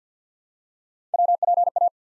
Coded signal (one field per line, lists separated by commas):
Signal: Morse code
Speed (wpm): 48 wpm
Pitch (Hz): 700 Hz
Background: none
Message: WPA